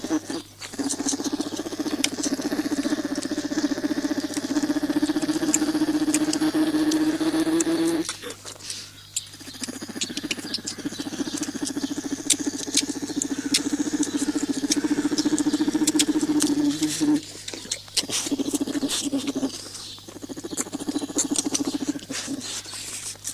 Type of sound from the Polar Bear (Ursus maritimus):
call